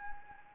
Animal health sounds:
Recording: mosquito wingbeat signal from an infrared sensor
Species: Anopheles gambiae

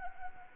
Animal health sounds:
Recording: mosquito wingbeat signal from an infrared sensor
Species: Anopheles arabiensis

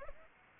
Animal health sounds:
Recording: mosquito wingbeat signal from an infrared sensor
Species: Anopheles arabiensis

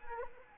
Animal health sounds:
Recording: mosquito wingbeat signal from an infrared sensor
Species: Anopheles arabiensis

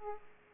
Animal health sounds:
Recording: mosquito wingbeat signal from an infrared sensor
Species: Aedes aegypti

